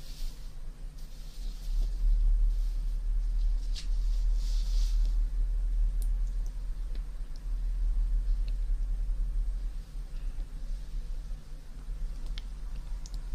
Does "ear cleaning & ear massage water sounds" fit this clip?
yes